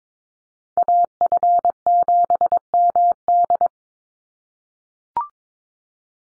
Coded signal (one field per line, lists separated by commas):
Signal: Morse code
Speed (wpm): 22 wpm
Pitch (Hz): 700 Hz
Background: none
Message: AF7MD